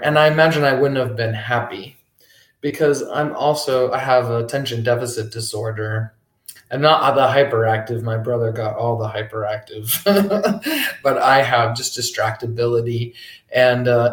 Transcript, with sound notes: And I imagine I wouldn't have been happy, because I'm also--I have attention deficit disorder, and not the hyperactive, my brother got all the hyperactive, [laughs] but I have just distractibility, and